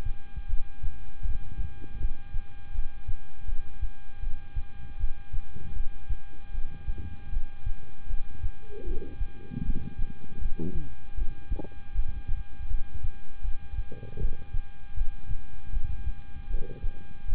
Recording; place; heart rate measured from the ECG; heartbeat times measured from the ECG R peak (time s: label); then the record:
heart sounds by stethoscope; between the tricuspid and mitral areas; 79 bpm
0.47 s: heartbeat
1.22 s: heartbeat
1.98 s: heartbeat
2.72 s: heartbeat
3.46 s: heartbeat
4.20 s: heartbeat
4.97 s: heartbeat
5.74 s: heartbeat
6.52 s: heartbeat
7.30 s: heartbeat
8.07 s: heartbeat
8.84 s: heartbeat
9.63 s: heartbeat
10.39 s: heartbeat
11.15 s: heartbeat
11.93 s: heartbeat
12.68 s: heartbeat
13.42 s: heartbeat
14.18 s: heartbeat
14.95 s: heartbeat
15.70 s: heartbeat
16.48 s: heartbeat
17.26 s: heartbeat
From the record:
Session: rest, lying down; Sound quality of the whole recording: good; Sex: male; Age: 26 years